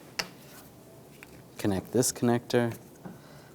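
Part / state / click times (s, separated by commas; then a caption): wiring connector onto headlight bulb socket / not seated / none. A plastic electrical wiring connector is handled at the headlight bulb socket of a 2011–2018 Ram 1500 during headlight reassembly, with a short sharp tick near 0.2 s and fainter ticks around 1.2 s and 3.1 s. Someone talks between about 1.6 s and 2.8 s. The connector has not yet seated or clicked home by the end of the clip.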